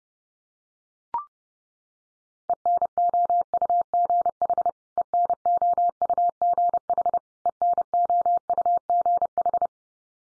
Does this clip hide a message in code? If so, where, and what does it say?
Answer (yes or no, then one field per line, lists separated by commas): yes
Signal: Morse code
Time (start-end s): 2.5-9.7 s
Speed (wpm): 30 wpm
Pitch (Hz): 700 Hz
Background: none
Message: ENOUGH ENOUGH ENOUGH